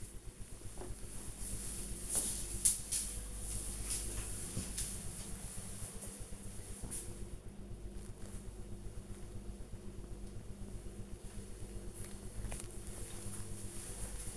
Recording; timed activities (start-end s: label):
household activities, microphone on the right wrist
none